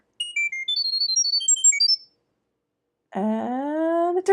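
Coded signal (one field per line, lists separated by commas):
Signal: data over sound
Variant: Chirp.io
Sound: quick melodic string of about 18 short high-pitched beeps, then a voice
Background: speech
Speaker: if I want to turn the LEDs off I can just send black and it turns off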